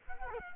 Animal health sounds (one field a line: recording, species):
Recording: mosquito wingbeat signal from an infrared sensor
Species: Culex quinquefasciatus